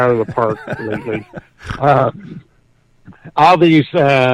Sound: laughs

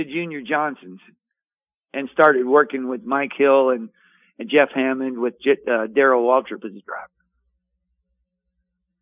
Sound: none

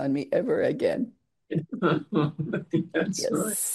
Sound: laughs

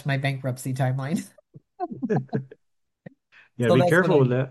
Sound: laughs

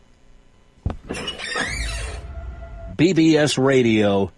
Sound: door opens

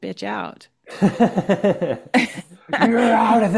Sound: laughs

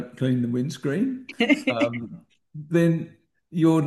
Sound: laughs

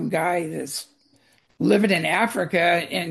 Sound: none

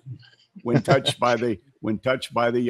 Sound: laughs

